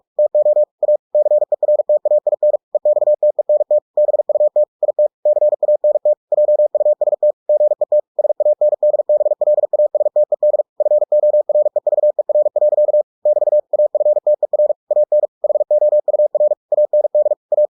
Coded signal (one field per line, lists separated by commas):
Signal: Morse code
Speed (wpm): 46 wpm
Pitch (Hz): 600 Hz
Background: none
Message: TO A CERTAIN EXTENT BUT IT CANT JUST GET SANDBLASTED FOREVER. <BT> AFTER AN HOUR AND A